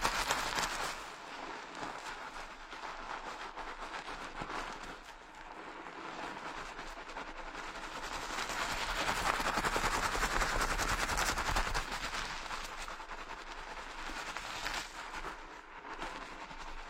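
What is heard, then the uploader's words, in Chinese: A head treatment session: a dense, continuous rustling and scratching, like fingers working through hair, made of fast crackling clicks. The sound stays fairly steady, swelling a little louder and brighter around the middle before easing off again. 疗愈SPA！头部调理，深度放松。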